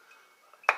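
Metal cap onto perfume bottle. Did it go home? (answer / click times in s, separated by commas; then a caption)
yes / 0.7 s. A metal cap, wrapped in stitched leather or pleather, is pressed onto the top of a heavy Ferrari Radiant Bergamot perfume bottle filled with light mint-green fragrance. After a quiet stretch with faint small taps at about 0.5 and 0.6 seconds, a sharp metallic clink rings out at 0.7 seconds. The cap snaps into place very securely.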